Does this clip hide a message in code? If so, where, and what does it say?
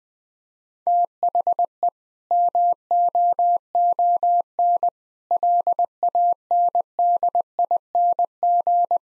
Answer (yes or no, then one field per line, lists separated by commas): yes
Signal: Morse code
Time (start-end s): 0.9-9.0 s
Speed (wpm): 21 wpm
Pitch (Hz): 700 Hz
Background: none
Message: THE MOON LANDING